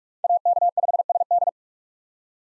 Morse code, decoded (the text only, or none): AK5SD